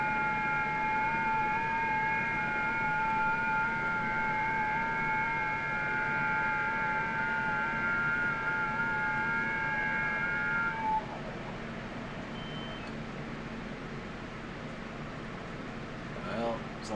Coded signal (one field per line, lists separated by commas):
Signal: FT8